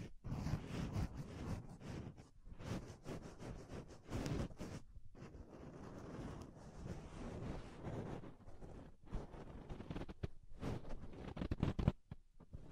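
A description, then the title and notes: Soft, fluffy triggers brushed right against the ear make a dense, close rustling and muffled rubbing that is heavy in the low end. The scratchy strokes come in quick, uneven bursts, with short pauses near 2, 5, 9 and 12 seconds. ASMR Deep Ear Tingles Soft & Fluffy Triggers (No Talking).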